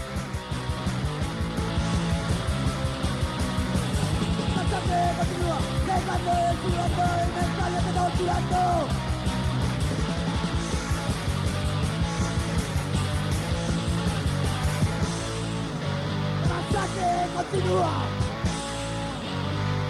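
A loud, dense rock song by a local band from Zaragoza plays continuously, with driving low-end rhythm, distorted full-band guitars and shouted vocals riding on top at a steady, unrelenting level.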